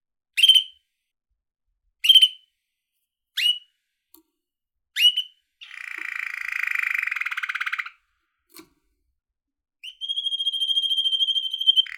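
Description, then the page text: Canary song with several sharp chirps spaced about a second and a half apart, a burst of buzzy rolling trill, then a sustained pure whistled note. Male little yellow canary kept in a bird cage, playing, trilling and chirping. "little yellow canary playing, trilling and chirping in his birdgage."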